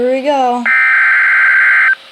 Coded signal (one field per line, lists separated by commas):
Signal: Emergency Alert System (SAME) tones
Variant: header bursts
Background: speech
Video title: Severe Thunderstorm Warning and on TV! (EAS #6)